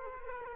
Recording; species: mosquito wingbeat signal from an infrared sensor; Culex quinquefasciatus